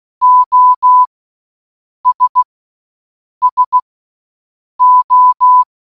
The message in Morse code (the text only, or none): OS SO